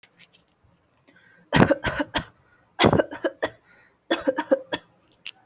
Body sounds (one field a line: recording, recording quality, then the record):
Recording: shallow voluntary cough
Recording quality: moderate, slight background noise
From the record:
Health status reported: healthy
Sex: female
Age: 22 years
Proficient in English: yes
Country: India